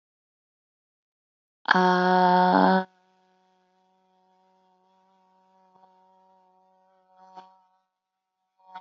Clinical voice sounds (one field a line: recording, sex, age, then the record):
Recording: vowel held as long as possible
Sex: female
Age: 30 to 39 years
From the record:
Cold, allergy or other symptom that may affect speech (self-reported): no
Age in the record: 34 years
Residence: Nebraska, United States